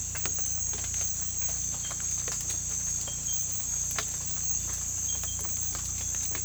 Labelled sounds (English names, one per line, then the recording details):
none
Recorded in pastures near Puerto Asís, Putumayo, Colombia, on 18 December 2024 at 01:00
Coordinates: 0.472, -76.331
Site GP02